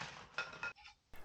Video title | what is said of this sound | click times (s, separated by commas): I Bought An Intex Challenger K1 - How much fun is a cheap kayak? | The oar just clicks into place and comes with some little splash guards, | 0.4 s